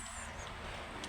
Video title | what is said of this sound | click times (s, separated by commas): Studio Series 86 Deluxe Class Classic Arcee From Transformers The Movie Figure Review | if you hear that click sound that means it's gone straight in there you can see that piece is in | 1.0 s